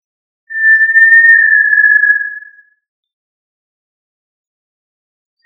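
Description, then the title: Tinamou giving one sustained, clear whistle lasting about two seconds and falling slightly in pitch, then silence before another whistle begins at the very end. "Familia Tinamidae - Quail - Puyuh"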